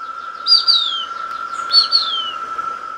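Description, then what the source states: Plumbeous Kite call: two thin, high whistles, each slurring downward, about a second and a quarter apart, over a steady droning insect-like hum. Migratory hawk visiting Brazil's Southeast region during the warmer months, when it feeds on cicadas.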